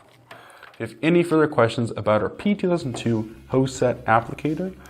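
A metal grease-type zerk coupler on the injection applicator hose of a single-component polyurethane injection applicator is tilted sideways and pulled off its zerk injection fitting, and it comes off with a short, sharp hit at 0.3 s. Someone then talks over the rest of the clip. The coupler is released from the fitting.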